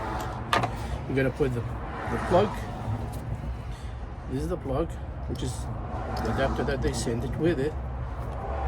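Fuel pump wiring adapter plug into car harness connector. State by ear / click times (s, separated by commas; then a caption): not seated / none. On a 2000 Jaguar S-Type V8 that cranks but won't start, the wiring adapter plug supplied with the new fuel pump is handled near the plastic car harness connector while someone talks over a steady low hum. A brief handling knock sounds at 0.5 s, but the plug has not seated or clicked into the connector yet.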